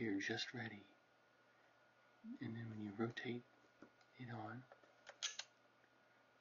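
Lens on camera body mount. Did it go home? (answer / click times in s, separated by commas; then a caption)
yes / 5.4 s. Someone talks while lining up a lens on an antique mechanical SLR camera and rotating it onto the body's bayonet mount. After a faint tick at about 5.1 s, a sharp click at 5.4 s marks the lens seating and engaging in place.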